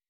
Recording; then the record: hydrophone in a shrimp aquaculture tank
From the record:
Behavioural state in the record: weakened